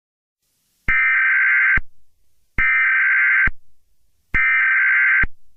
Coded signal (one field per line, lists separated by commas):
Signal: Emergency Alert System (SAME) tones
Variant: header bursts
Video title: EAS Scenario #47: Deadly California School Shooting of 2022